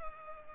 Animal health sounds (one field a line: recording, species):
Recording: mosquito wingbeat signal from an infrared sensor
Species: Culex pipiens